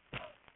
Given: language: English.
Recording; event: throat vibration sensor signal played as sound; cough